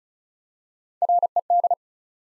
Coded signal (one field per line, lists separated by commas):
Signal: Morse code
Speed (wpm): 36 wpm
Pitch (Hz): 700 Hz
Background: none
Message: RED